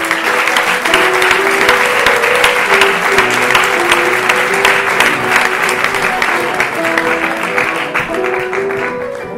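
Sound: audience applause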